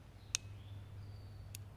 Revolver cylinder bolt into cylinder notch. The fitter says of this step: not it's doing it it's you hear it click at the last part it's just barely out of time but this is where I know it's out of time so I'll check that